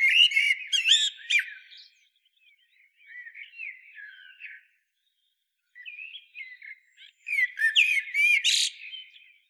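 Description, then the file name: Common blackbird song: loud fluty warbled phrases with sharp high squeaky twitters, then softer warbling after a short pause, and another loud burst near the end. "Turdus merula"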